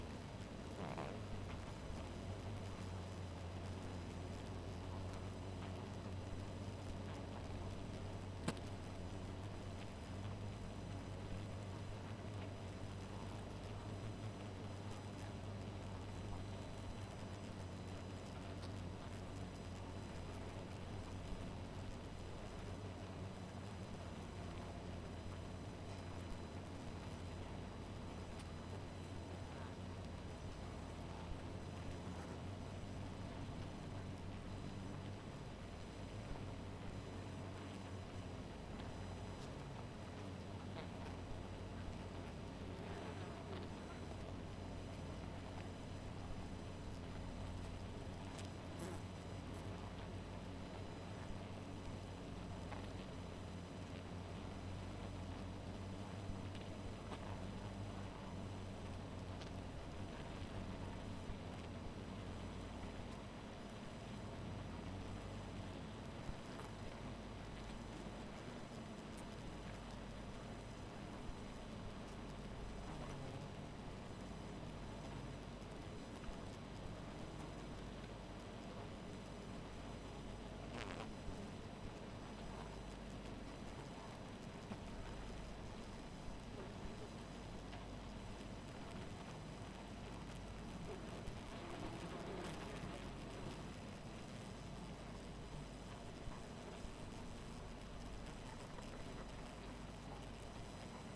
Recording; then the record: honeybee colony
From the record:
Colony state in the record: missing queen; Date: 14 July 2017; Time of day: 2:30